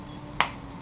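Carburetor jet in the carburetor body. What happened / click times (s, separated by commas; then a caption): A tight screw breaks free with a sharp pop / 0.4 s. A carburetor jet in the carburetor body is turned with a tightly fitting screwdriver seated in its two slots. At 0.4 s it breaks free with a single sharp, bright pop, and the jet screw comes loose and is released.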